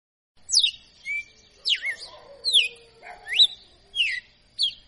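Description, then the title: Red-cowled cardinal song: strong descending and rising whistled slurs repeated roughly every half second to second, crisp and loud against a quiet background. Female singing; tutor bird singing vigorously. "Canto Galo Campina Fêmea. Galo de Campina Professor Açoitando"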